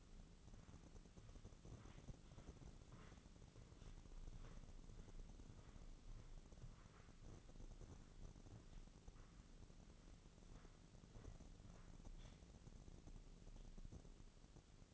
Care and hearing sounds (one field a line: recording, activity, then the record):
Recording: daily activity, microphone in the room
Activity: walk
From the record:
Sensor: 4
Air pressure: 996.7 hPa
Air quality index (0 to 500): 243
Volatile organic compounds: 372 ppm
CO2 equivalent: 4623 ppm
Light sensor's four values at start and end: 50/123/51/51 and 50/123/51/51